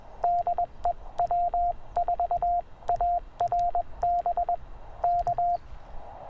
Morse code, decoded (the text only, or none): DE W4ARB K